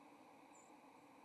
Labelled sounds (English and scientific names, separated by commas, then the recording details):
White-throated Sparrow (Zonotrichia albicollis) flight call
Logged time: 08:00 on 30 October 2014